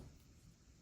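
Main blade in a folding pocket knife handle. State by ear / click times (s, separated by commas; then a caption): not seated / none. The main blade of a Benchmade Weekender folding pocket knife is handled in its handle. Only a steady low rumble and broadband noise are heard, with no sharp transient. The blade has not yet clicked into position, and nothing has seated.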